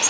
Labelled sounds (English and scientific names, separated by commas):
Orange-crowned Warbler (Leiothlypis celata) flight call